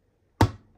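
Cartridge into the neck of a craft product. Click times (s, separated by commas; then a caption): 0.4 s. A cartridge is pressed into the neck of a craft product held upside down after several failed tries, and it seats with a single loud, sharp click at 0.4 s. The click is bright and broadband with a quick decay, in an otherwise quiet 0.8-second clip.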